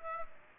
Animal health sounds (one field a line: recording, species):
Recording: mosquito wingbeat signal from an infrared sensor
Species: Aedes aegypti